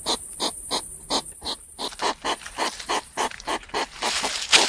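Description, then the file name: Hedgehog huffing and snuffling, a rapid series of short breathy noisy bursts, uneven in rhythm, with a louder rustling patch near the end. "Igel"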